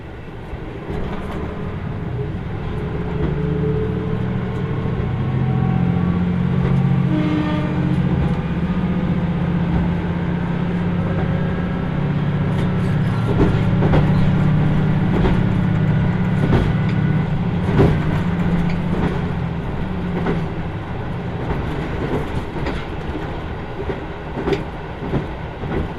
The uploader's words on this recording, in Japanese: 耳で楽しむ鉄道旅 豊肥本線九州横断特急3号 豊後竹田→三重町。豊後竹田を出ると豊後大野市のある三重町へ向けて進んでいきます。